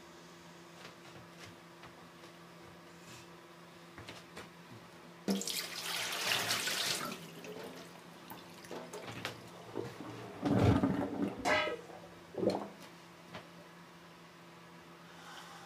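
Kitchen sounds over a steady low hum from a simmering pot. Around five seconds a rush of running water starts and lasts about three seconds, then fades. Sharp clattering knocks come near ten to twelve seconds, with a final clink just after twelve.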